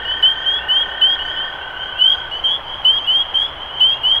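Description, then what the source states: Spring peepers calling in a crowded chorus, sharp upslurred peeps repeating quickly, plus a lower steady tone that stops midway. Recorded 23 March 2012.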